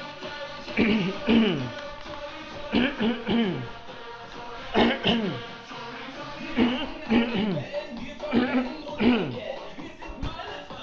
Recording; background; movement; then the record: throat clearing; music; walking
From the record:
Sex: male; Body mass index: 20.6 kg/m2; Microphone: on the chest, facing outward